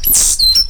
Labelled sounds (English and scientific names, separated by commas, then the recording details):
Stitchbird (Notiomystis cincta) song
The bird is a male
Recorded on Tiritiri Matangi Island, New Zealand, in 2005
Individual 8, of nest box 10